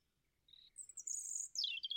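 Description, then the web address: European robin song: a pure high whistle followed by a thin, very high twittering run that slides downward into lower chirps. "Deverinetal 2025"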